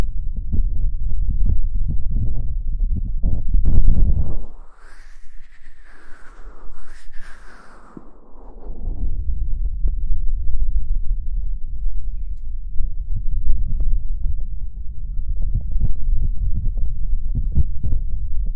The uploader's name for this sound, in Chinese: 潜水捂耳朵 呼吸 芦荟胶